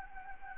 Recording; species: mosquito wingbeat signal from an infrared sensor; Anopheles gambiae